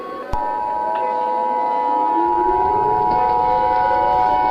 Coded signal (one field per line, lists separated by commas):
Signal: Emergency Alert System (SAME) tones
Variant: 853 and 960 Hz attention tone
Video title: eas scenario 19: new monthly of 2025